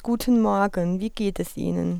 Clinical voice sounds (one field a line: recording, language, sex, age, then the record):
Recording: spoken sentence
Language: German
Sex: female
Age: 20 to 29 years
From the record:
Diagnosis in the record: healthy voice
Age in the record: 24 years